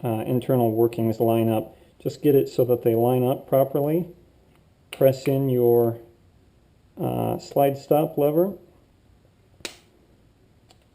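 During reassembly of an EAA Witness Pavona pistol, the slide stop lever is lined up through the frame hole and pressed in toward the frame and slide while someone talks. A sharp transient comes at 9.6 s and a faint one at 10.7 s, but the lever has not yet snapped home and nothing has seated yet.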